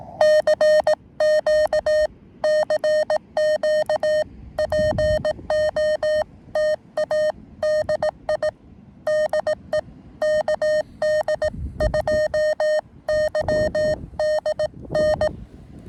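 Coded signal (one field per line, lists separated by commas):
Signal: Morse code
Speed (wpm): 18 wpm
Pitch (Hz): 610 Hz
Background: none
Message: CQ CQ POTA DI DE KD2YDN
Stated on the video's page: QRP CW from a combined Summits On The Air and Parks On The Air activation, including a summit-to-summit contact.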